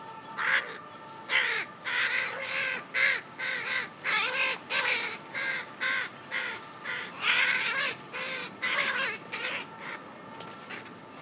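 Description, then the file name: Carrion crow giving a long series of many harsh, hoarse caws. "Corvus corone"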